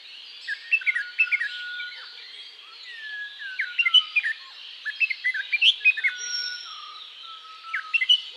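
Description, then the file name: Red-whiskered bulbul song: short bursts of bright, chirpy whistled notes, over a steady high hiss, with some long flat whistles. "Red whiskered Bulbul Pycnonotus jocosus"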